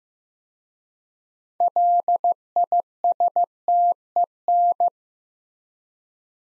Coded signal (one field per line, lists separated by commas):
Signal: Morse code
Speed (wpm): 15 wpm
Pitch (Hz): 700 Hz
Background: none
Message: LISTEN